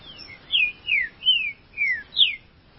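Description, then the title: Green-winged saltator song of five loud whistled notes, each slurring downward, evenly spaced over about two seconds. "Trinca Ferro"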